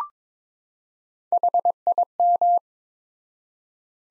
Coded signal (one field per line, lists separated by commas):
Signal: Morse code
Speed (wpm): 22 wpm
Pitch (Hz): 700 Hz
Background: none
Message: HIM